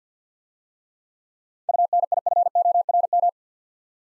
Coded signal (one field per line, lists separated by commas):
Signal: Morse code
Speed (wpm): 50 wpm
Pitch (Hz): 700 Hz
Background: none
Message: UNIFORM